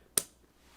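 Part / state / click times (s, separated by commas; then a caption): film compartment back door closing onto an instant camera body / seated / 0.2 s. The plastic film-compartment back door of a Fuji Instax SQ1/SQ40 instant camera is closed after the instant film cartridge is loaded. It latches with one sharp, bright snap at 0.2 s, then only faint low background noise follows. The door is snapped shut and seated.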